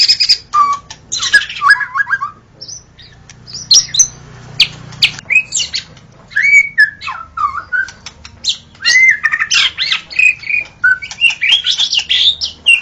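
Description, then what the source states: White-rumped shama song of scattered high whistles, trills and rasping notes in uneven bursts separated by short quiet spells. Natural song recorded in forest.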